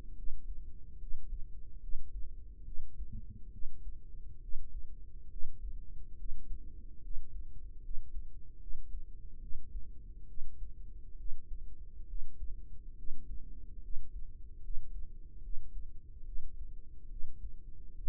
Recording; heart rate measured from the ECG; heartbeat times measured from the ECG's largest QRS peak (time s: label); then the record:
heart sounds by microphone in the right ear; 71 bpm
0.13 s: heartbeat
0.97 s: heartbeat
1.79 s: heartbeat
2.62 s: heartbeat
3.49 s: heartbeat
4.39 s: heartbeat
5.27 s: heartbeat
6.15 s: heartbeat
7.00 s: heartbeat
7.80 s: heartbeat
8.57 s: heartbeat
9.38 s: heartbeat
10.25 s: heartbeat
11.15 s: heartbeat
12.05 s: heartbeat
12.94 s: heartbeat
13.79 s: heartbeat
14.59 s: heartbeat
15.40 s: heartbeat
16.23 s: heartbeat
17.07 s: heartbeat
17.93 s: heartbeat
From the record:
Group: healthy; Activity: rest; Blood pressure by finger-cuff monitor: 116/60 mmHg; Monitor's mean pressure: 75 mmHg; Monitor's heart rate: 69 bpm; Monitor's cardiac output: 5.8 L/min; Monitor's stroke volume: 83 mL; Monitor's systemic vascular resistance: 950 dyn s/cm5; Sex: female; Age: 32 years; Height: 168 cm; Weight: 61.9 kg